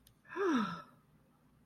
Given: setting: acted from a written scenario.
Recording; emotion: vocal sound without words; awe